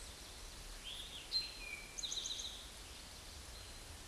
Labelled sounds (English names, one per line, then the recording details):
Eastern Towhee song
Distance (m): 30 m
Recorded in a Pennsylvania forest on 17 May 2023 at 12:10
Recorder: AudioMoth, point grid1_40_low
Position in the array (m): 115 m, 214 m